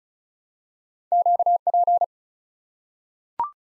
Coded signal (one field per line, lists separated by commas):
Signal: Morse code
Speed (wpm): 36 wpm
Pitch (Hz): 700 Hz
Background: none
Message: QP